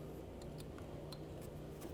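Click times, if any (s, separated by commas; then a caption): none. A plastic wiring harness electrical connector is handled and being pushed back onto a new ignition coil on the engine of a 2007-17 Ford Expedition. Faint handling ticks come at about 0.4, 0.6, 0.8 and 1.1 seconds over a steady low hum. Nothing has seated or clicked yet.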